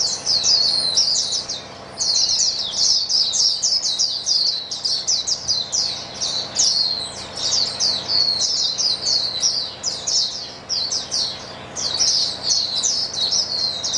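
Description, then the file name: Many white-eyes twittering at once, a long, busy stream of high, chirpy song phrases with a few short breaks. Chorus of many white-eyes singing together. "paduan suara pleci"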